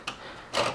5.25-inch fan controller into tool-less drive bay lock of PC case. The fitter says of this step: press lock still getting gets pushed out because it only locks on one slide here